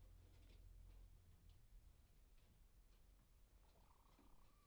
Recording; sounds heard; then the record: poultry house recording; healthy chickens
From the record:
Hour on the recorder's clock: 23